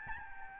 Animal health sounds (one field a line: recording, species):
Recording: mosquito wingbeat signal from an infrared sensor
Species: Aedes albopictus